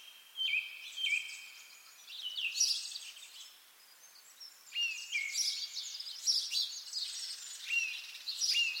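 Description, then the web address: Birds singing, high chattering chirps and short whistled slurs coming in bursts with brief quieter gaps. Birds singing in spring. "sonido del canto de los pajaros en primavera"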